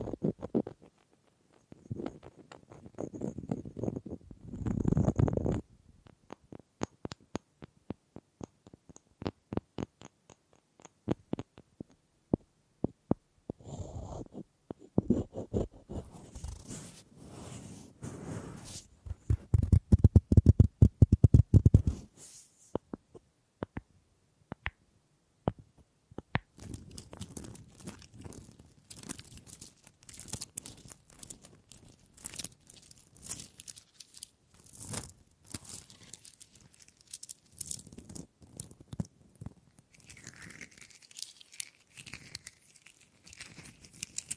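Wood triggers: sharp wooden taps and scratches come in quick irregular bursts, with a heavier low rubbing passage near five seconds and a louder scraping stretch around 19–22 seconds. After about 26 seconds a denser crinkly scratching continues steadily, with brief quiet gaps throughout.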